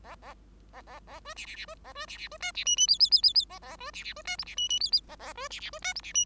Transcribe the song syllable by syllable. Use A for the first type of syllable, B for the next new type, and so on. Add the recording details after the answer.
A A A B C C C B A B C C B D C E E F F F F F A A B C C B D G C E E F F A A B C C B D G C E. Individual Bird5